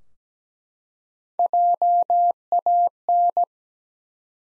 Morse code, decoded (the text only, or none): JAN